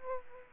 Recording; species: mosquito wingbeat signal from an infrared sensor; Aedes aegypti